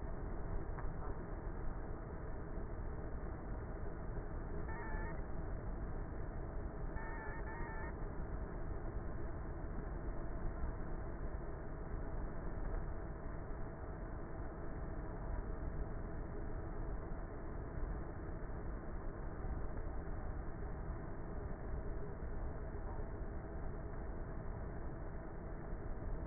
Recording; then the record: honeybee colony, microphone inside the hive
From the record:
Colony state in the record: queenless with a low population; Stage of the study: before two queens were removed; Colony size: about 30,000 bees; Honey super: no